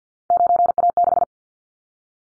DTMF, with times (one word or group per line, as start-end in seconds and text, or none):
none